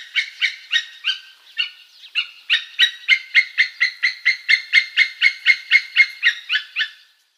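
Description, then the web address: White-tailed eagle yelping call: a long, accelerating series of harsh, ringing barks, about four per second, building to a steady chatter before stopping abruptly. "Schulze Peter White-tailed Eagle"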